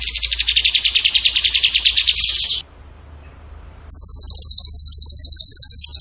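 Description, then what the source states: Bird song with a long, slightly lower, wavering pulsed trill, a short pause, then a steady rapid high trill. Masteran (training recording) of bird song in the tembakan gacor style.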